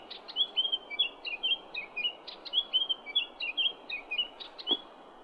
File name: suara remetuk bakau